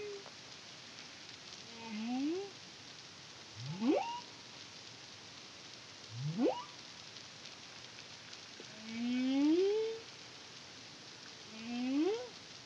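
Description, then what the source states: Humpback whale song: rising upsweeps and longer moaning units that bend upward, a unit every two to three seconds, over steady hiss. Caribbean, CARIMAM project, 2023.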